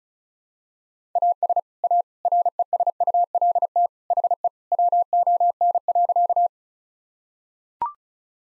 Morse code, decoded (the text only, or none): AS A RESULT HE WON.